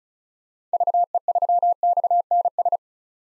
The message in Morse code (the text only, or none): VE3XNS